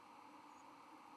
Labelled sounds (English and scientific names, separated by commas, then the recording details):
White-throated Sparrow (Zonotrichia albicollis) flight call
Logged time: 05:04 on 31 October 2014